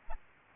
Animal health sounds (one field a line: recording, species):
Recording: mosquito wingbeat signal from an infrared sensor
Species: Aedes albopictus